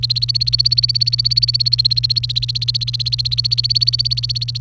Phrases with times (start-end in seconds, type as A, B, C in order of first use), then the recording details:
0.00-4.58 A. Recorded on 28 April 2018 at 13:36. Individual llb3